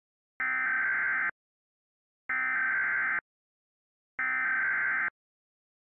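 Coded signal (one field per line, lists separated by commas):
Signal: Emergency Alert System (SAME) tones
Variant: header bursts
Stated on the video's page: Fictional EAS scenario with SAME tones generated with EASEncoder software, about a crisis in salt deserts.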